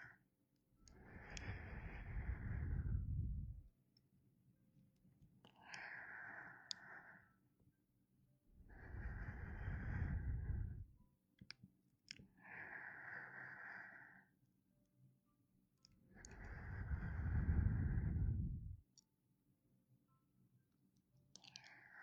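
Slow, warm breathing very close to the ear, in long unhurried cycles roughly every six seconds. Deep, airy exhales alternate with softer, brighter breaths, with near silence between them and a few faint mouth clicks in the gaps.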